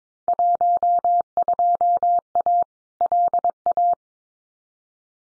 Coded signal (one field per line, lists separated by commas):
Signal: Morse code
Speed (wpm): 22 wpm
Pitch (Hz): 700 Hz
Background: none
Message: 12A LA